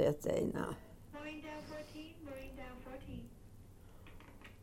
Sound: nursing home announcement in the background

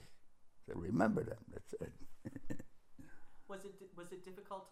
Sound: chuckles

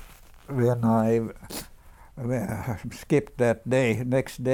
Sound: sniffs

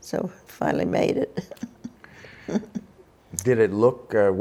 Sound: laughs

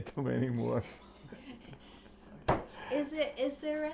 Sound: chuckles

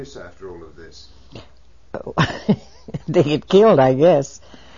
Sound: she laughs

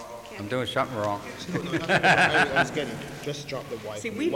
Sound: he laughs

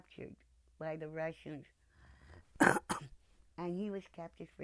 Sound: coughs

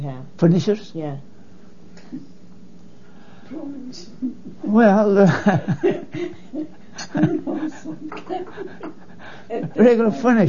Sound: laughs

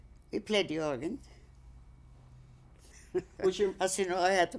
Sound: she laughs

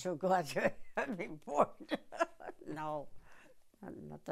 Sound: laughs

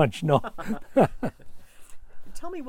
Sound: laughs

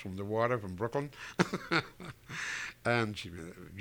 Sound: he laughs

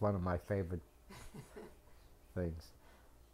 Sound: chuckles

